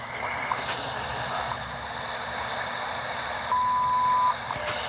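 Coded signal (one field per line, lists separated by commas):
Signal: radio time signal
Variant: WWV and WWVH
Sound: shortwave hiss with faint ticks, then a steady high beep lasting almost a second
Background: radio static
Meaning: The 0.8-second 1000 Hz tone marks the start of a minute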